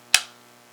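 The folding rear leg of a plastic Mattel Voltron Classics Red Lion figure is folded up into its body during the lion's transformation into Voltron's arm. A single sharp, bright click sounds at 0.2 s and fades within about a fifth of a second, with near-silence before and after. The leg is seated and locked in place.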